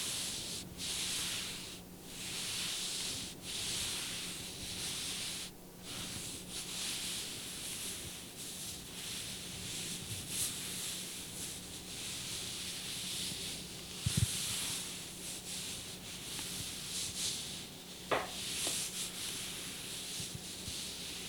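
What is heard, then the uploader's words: Fabric is rubbed in a steady, continuous scratchy swish that holds fairly even for the whole stretch, with brief dips every second or two as strokes change. A low steady hum runs underneath, and a couple of sharper knocks stand out around 14 and 18 seconds. ASMR Rubbing Fabric - Light Massage.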